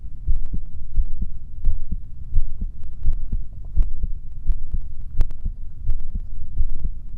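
Steady, low, muffled thumps of an ordinary adult heartbeat repeat throughout at roughly 86 beats per minute, heard close up as ASMR heart sounds, with a soft background hum.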